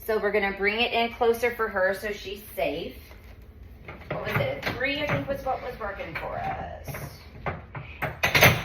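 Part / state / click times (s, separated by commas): adjustable barrel section locking into a position setting on a Pilates ladder barrel frame / seated / 7.5 s, 7.8 s, 8.2 s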